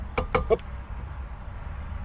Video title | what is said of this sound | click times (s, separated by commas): Replacing a CV joint on a 1999 WJ Grand Cherokee -Everyday Offroad | It clicked in there. | 0.2 s, 0.4 s